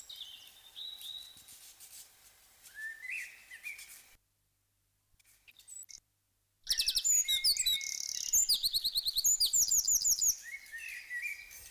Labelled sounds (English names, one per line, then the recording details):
Eurasian Wren song
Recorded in the wild
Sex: male
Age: adult
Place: Lübars (Fließtal), Berlin, DE
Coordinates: 52.6167, 13.35
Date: 1999-04-10 17:36
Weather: overcast, 16°C
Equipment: Sony MD-WM MZ-R3, Sennheiser MKH 416 T, Kopie Uher 4000 Report Monitor
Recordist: Tembrock, Günter